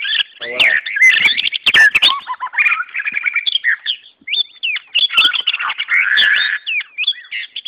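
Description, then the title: White-rumped shama song, a fast jumble of whistles, trills and sharp clicks with a short lull midway. Wild bird singing in forest; natural song. "Kicau Asli Murai Batu Hutan"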